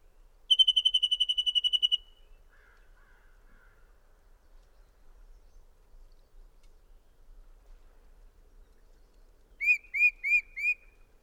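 Bird song: a fast, even trill of about fourteen high notes, then a few soft lower notes, silence, and four rising whistled notes near the end.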